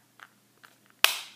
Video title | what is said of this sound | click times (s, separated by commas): September Favorites 2014! | um Pops in very easily just kind of hear a snap | 1.0 s